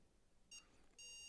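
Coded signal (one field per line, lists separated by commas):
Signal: beep code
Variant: ASUS motherboard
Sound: one short high beep, a pause, then a second beep that is cut off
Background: quiet room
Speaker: and all of the sudden while not applying pressure instantly got the DDR warning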